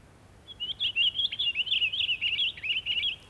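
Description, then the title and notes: Pine Grosbeak singing a rich warble of rapid, whistled notes that rise and dip. "Taviokuurna. Jussi Salokorpi"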